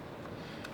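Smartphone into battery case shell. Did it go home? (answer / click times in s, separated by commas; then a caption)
yes / 0.6 s. An iPhone 4 is pressed into the plastic shell of an old Mophie Juice Pack Air battery case after its bottom section has been pulled off. One short click is heard at 0.6 s, sharp against a steady low background. The phone pops into place and is seated in the case.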